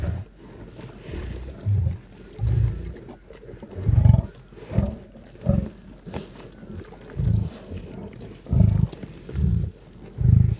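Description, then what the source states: Lion growling in deep, rumbling bursts roughly every second or so, with quieter gaps between. Lion eating a zebra.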